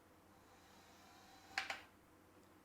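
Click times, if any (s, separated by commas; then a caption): 1.6 s. During calibration, the fingers of a Jaco assistive robotic arm are driven fully open against a low, steady background hiss until a slight mechanical click at 1.6 s marks their end of travel, followed by a fainter second tick at 1.7 s. The fingers are seated at their fully extended stop and are calibrated.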